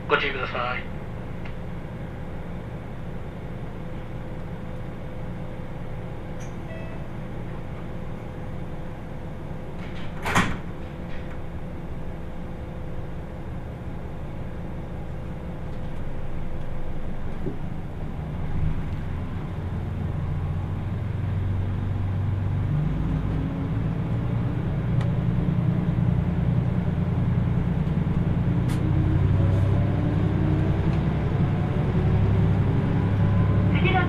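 Inside the Kyushu Odan limited express on the Hohi Line from Kumamoto toward Tateno, a low steady rumble fills the car, rising and growing rougher after about 17 seconds. A sharp clack sounds near 10 seconds, and a faint voice appears early on.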